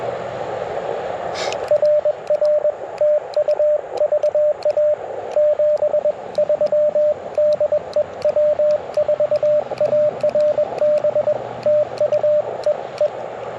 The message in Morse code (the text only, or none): RR TU VA 73 DE W4ARB TU EE